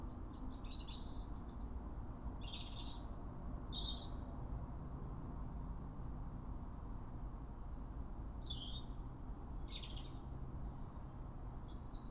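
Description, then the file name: European robin song: thin, high warbling phrases, some sliding and some twittering, separated by pauses, over a steady low rumble of background noise. "Erithacus rubecula"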